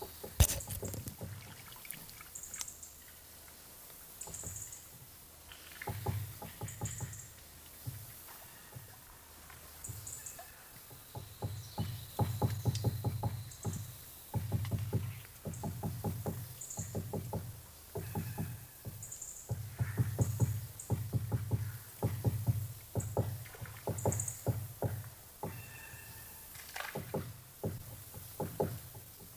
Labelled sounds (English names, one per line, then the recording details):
Great Spotted Woodpecker
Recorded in the wild
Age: adult
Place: Mühlenbecker Wald, Brandenburg, DE
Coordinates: 52.6978, 13.3864
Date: 1983-08-21
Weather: sonnig, 19°C
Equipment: Nagra SN, Sennheiser MKH 416T (Automatik), Kopie Uher 4000 Report Monitor
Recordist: Tembrock, Günter
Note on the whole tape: Hämmern an einer Kiefer am Teich, die im Absterben begriffen ist, ziemlich weit oben. Später Mikrofon am Stamm angesetzt